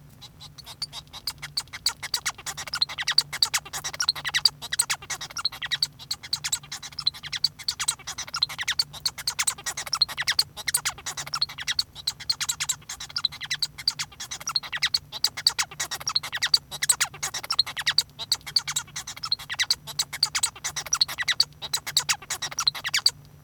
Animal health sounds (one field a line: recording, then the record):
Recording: song of a male Bengalese finch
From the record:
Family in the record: son of father 1